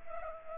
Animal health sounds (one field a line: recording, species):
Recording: mosquito wingbeat signal from an infrared sensor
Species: Culex pipiens